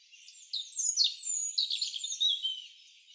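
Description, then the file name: European robin song: a rapid, high-pitched stream of thin whistles, falling slurs and tinkling trills, lasting about two seconds. "Erithacus rubecula"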